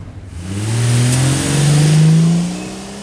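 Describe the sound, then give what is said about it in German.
A Buick car engine revs up and accelerates, its low growl rising steadily in pitch for a couple of seconds before easing off at the end, with no talking. “Habt ihr auf das Kennzeichen des Buick geachtet, Kollegen?”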